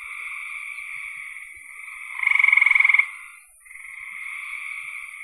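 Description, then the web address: Frog sound: a soft continuous high trill, broken by one loud, quickly pulsed burst of about a second, followed by a short gap. "cn frogs"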